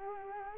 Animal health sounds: mosquito wingbeat signal from an infrared sensor; Culex quinquefasciatus

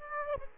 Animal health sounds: mosquito wingbeat signal from an infrared sensor; Aedes aegypti

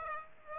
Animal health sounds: mosquito wingbeat signal from an infrared sensor; Aedes aegypti

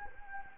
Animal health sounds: mosquito wingbeat signal from an infrared sensor; Anopheles gambiae

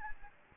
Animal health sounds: mosquito wingbeat signal from an infrared sensor; Aedes albopictus

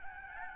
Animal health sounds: mosquito wingbeat signal from an infrared sensor; Aedes albopictus

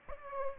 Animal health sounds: mosquito wingbeat signal from an infrared sensor; Aedes aegypti

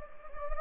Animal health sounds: mosquito wingbeat signal from an infrared sensor; Anopheles gambiae

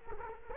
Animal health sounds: mosquito wingbeat signal from an infrared sensor; Culex quinquefasciatus

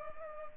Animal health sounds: mosquito wingbeat signal from an infrared sensor; Culex pipiens

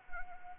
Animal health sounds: mosquito wingbeat signal from an infrared sensor; Anopheles arabiensis

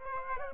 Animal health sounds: mosquito wingbeat signal from an infrared sensor; Aedes aegypti

